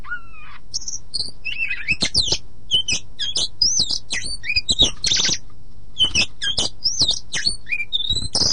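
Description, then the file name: Oriental magpie-robin song: a rapid medley of clear whistled notes, slurs and sharp chips, high and varied, with short pauses, over a steady low hum. "suara burung kacer"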